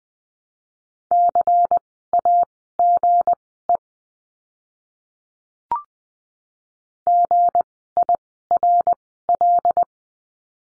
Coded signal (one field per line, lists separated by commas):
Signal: Morse code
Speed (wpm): 20 wpm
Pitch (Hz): 700 Hz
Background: none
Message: CAGE GIRL